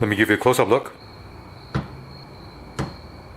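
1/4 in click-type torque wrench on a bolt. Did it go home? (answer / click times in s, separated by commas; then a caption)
yes / 1.8 s, 2.8 s. Someone talks briefly, then a 1/4 in click-type torque wrench on a bolt, set to 5.5 Nm, reaches its setting. It gives two short, sharp clicks at 1.8 s and 2.8 s over a quiet background with a faint steady high tone. Both are confirmed wrench clicks showing the torque setting has been reached.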